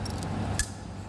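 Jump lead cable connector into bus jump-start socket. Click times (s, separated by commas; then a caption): 0.6 s. A positive jump-lead cable connector is pushed into its jump-start socket on a bus, giving small metallic clacks near 0.1 and 0.2 seconds. A sharper hit at 0.6 seconds marks the connector locking in place.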